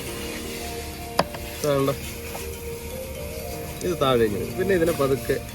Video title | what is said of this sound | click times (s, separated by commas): #HONDA#CBR250R AIR FILTER REPLACING..IN MALAYALAM…! | ഇവിടെ ഒരു lock ഉണ്ട് കേട്ടോ. ഇതിനെ പിടിച്ചൊന്ന് ഇങ്ങനെ വിരലുകൊണ്ട് മേളിലോട്ട് | 1.2 s